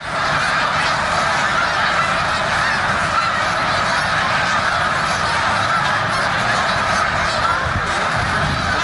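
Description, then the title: Snow goose: snow geese calling in a large flock, a dense, unbroken clamor of overlapping honks and yelps that holds steady throughout. Snow geese, plural, at the Beaudet reservoir in Victoriaville. "Oies blanches au réservoir Beaudet, Victoriaville"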